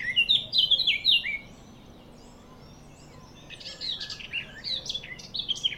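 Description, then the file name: Eurasian blackcap song: a loud quick warble of sliding notes, a pause of about two seconds, then a second busier warbling phrase. "Sylvia atricapilla"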